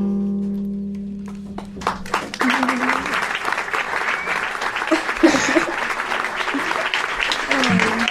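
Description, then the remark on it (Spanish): A sustained tone from the end of a song gives way to dense, steady audience applause that swells and continues loudly to the end, with a few voices mixed into the clapping. “Acá tenemos todos los aplaudidores con público.”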